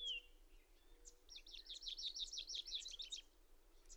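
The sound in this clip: Bird song: a fast, chattering trill of high chirps lasting about two seconds, preceded by a thin high whistle, over a steady background hiss.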